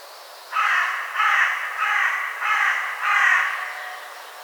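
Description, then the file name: Carrion crow cawing, five harsh, rasping caws in a steady series about two-thirds of a second apart, the last one fading. "Corvus corone"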